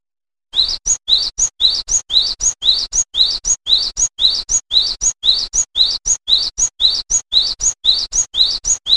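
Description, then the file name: Cinereous tit singing a steady, unbroken run of bright rising notes, repeated rapidly. "suara burung glatik wingko"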